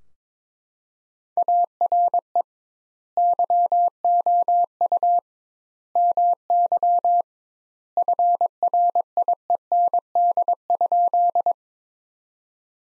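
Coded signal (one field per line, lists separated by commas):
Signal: Morse code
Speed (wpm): 22 wpm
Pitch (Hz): 700 Hz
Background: none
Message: ARE YOU MY FRIEND?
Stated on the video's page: Practice sentences from top 300 words at 22 wpm with double word spacing, a word-level Farnsworth-like method.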